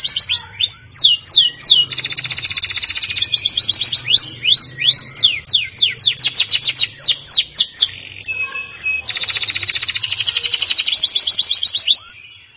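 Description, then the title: Canary song: alternating rapid rolling trills and sliding whistled notes, strong and continuous, with a faint low hum beneath, ending abruptly. "Kenari"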